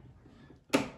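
A display grounding/ribbon cable connector is pushed back into its socket on the PC board of a Midmark M9/M11 autoclave. After quiet low-level background, a single sharp click sounds at 0.7 s and trails off quickly. The connector is seated.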